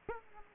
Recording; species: mosquito wingbeat signal from an infrared sensor; Aedes aegypti